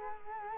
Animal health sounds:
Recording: mosquito wingbeat signal from an infrared sensor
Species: Culex quinquefasciatus

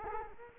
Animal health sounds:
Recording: mosquito wingbeat signal from an infrared sensor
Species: Culex quinquefasciatus

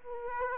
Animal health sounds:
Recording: mosquito wingbeat signal from an infrared sensor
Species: Aedes aegypti

